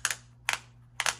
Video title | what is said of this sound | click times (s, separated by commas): Kore Essentials Micro Battle Belt | all right once I get to this point here then it just goes you can already hear it starting to click in | 0.1 s, 0.5 s, 1.0 s